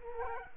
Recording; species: mosquito wingbeat signal from an infrared sensor; Culex quinquefasciatus